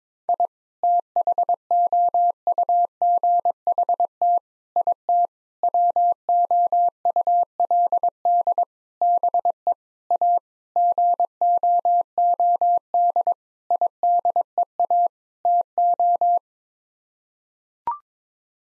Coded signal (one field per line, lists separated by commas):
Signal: Morse code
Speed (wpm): 22 wpm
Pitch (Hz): 700 Hz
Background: none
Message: I THOUGHT IT WOULD BE A GOOD IDEA TO